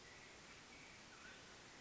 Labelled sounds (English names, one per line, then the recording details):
Mountain Quail
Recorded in Sonoma County, California